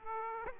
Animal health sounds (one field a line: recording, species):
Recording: mosquito wingbeat signal from an infrared sensor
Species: Aedes aegypti